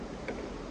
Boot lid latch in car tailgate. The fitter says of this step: make sure you can hear that click noise of the unlocking